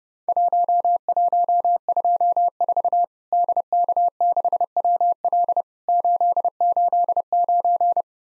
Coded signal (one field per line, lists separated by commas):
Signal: Morse code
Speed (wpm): 30 wpm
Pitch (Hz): 700 Hz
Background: none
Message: 1124 DK6WL 889